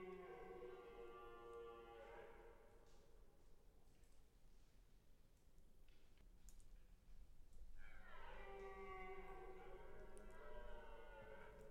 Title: Brame du cerf 2009 Foret de Tronçais